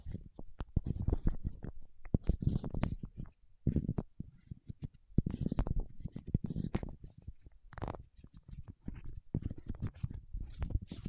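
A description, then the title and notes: Waxy fingertips squish and tap in dense, irregular bursts of soft low thuds and sticky clicks, with brief pauses near four and eight seconds. ASMR with Wax Fingertips for Sleep (No Talking).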